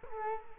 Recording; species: mosquito wingbeat signal from an infrared sensor; Culex quinquefasciatus